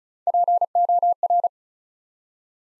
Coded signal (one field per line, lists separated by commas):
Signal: Morse code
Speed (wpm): 36 wpm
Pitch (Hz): 700 Hz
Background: none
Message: POR